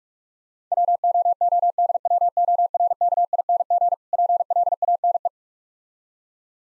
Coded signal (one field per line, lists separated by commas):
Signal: Morse code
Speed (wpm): 48 wpm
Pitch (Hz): 700 Hz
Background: none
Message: WOODWORKING PLANE